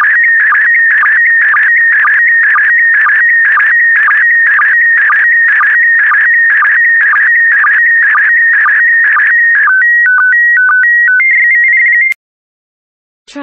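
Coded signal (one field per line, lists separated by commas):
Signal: SSTV (slow-scan television)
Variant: PD120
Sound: rhythmic warbling tone scanning lines, ending in stepped beeps and quick chirps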